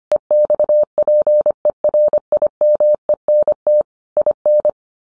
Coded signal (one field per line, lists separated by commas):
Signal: Morse code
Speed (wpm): 25 wpm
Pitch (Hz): 600 Hz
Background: none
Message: EXPERIMENT IN